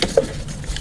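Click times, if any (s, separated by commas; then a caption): none. A plastic wiring plug is handled as it is pushed back toward an ignition coil pack on a VW Up GTI during a major service, after the ignition coils have been refitted. Brief handling ticks land at about 0.0 s and 0.2 s over a faint low rumble. Nothing has seated or clicked yet; the plug is not yet home.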